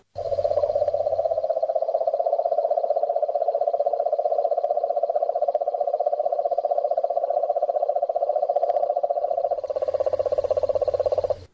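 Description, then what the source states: Cane toad call, a long steady trilling purr held on one pitch for about eleven seconds, with a faint low hum at the start and end. Played on radio as a quiz's secret sound; described as one of the most hated animals, especially in the north.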